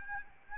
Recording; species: mosquito wingbeat signal from an infrared sensor; Aedes albopictus